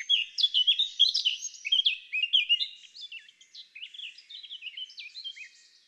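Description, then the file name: Eurasian blackcap song: a busy warble of quick whistled and twangy notes, loud at first and fading over the last seconds. "Sylvia atricapilla"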